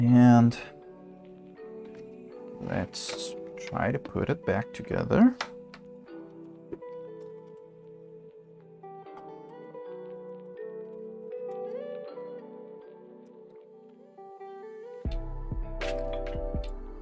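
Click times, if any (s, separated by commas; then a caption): none. Someone talks while reassembling a JVC A101G CRT TV after an RGB mod, handling an internal part (probably a board or panel edge) as it is pushed toward its slot in the TV chassis, with music playing throughout. A brief sharp sound stands out at about 5.7 s, but nothing has seated or clicked yet by the end of the clip.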